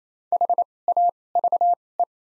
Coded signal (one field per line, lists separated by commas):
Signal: Morse code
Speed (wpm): 28 wpm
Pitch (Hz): 700 Hz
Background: none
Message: H A V E